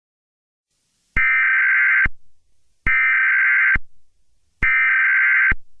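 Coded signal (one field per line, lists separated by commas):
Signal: Emergency Alert System (SAME) tones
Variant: header bursts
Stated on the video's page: Fictional EAS scenario set in Oklahoma City; simulated alert.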